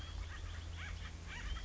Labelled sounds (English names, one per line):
Acorn Woodpecker